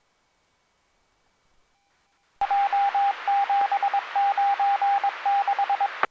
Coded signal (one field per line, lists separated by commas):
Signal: Morse code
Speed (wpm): 22 wpm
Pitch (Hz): 800 Hz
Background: radio noise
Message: J796